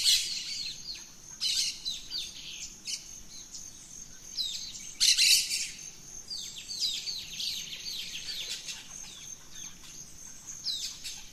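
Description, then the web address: Dawn chorus of birds: quick high chirps and sharp squeaky notes from several singers, with a constant thin insect tone underneath. Dawn chorus of rainforest birds, Gran Sabana, Venezuela. "Birds in the Rainforest Dawn Venezuela Gran Sabana"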